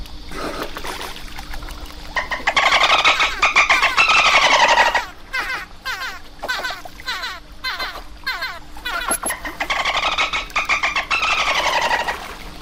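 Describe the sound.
Dolphin sounds, pulsed squealing whistles that rise and fall in bursts, joined by rapid click trains and a steady low hum.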